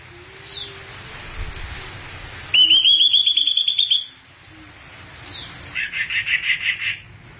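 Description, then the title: Thrush delivering a rapid, even trill of high whistled notes, then a quieter buzzy stuttering series after a brief pause. "burung anis x"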